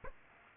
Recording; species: mosquito wingbeat signal from an infrared sensor; Aedes aegypti